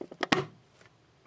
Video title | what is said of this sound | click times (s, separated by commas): Hot Toys Nick Fury | and there's a nice click when you click it together | 0.2 s, 0.3 s